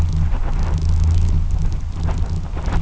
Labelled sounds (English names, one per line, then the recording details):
none
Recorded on Arctic tundra, site UTQI-2, on 12 June 2019
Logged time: 04:00